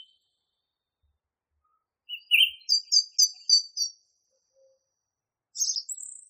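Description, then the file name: Song thrush song: a harsh note followed by a high, thin phrase repeated five times, then a brief squeaky flourish. Masteran recording used for training songbirds. "suara masteran songthrush"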